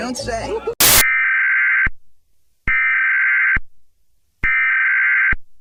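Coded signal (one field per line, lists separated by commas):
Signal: Emergency Alert System (SAME) tones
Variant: header bursts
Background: speech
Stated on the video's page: Fictional EAS scenario; simulated alert.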